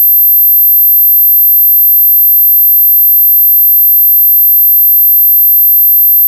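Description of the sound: A faint, steady, very high-pitched pure tone throughout, simulating the constant ringing of tinnitus.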